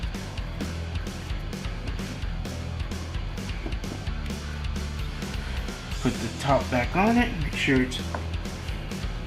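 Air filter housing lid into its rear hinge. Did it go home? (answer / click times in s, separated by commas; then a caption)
no / none. The plastic top of an engine air filter housing is being refitted and hooked into the hinge at its rear, with soft handling sounds over steady background music with guitar while someone talks. Nothing has seated or clicked yet.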